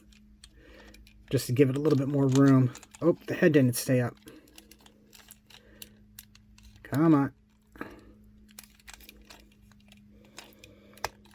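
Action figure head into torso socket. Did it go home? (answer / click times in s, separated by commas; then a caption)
yes / 11.1 s. A plastic head of a transforming rat action figure is pushed back up into its torso socket after it failed to stay up. Someone talks while small handling clicks and taps sound, and a sharp plastic pop at 11.0 s marks the head seating into place.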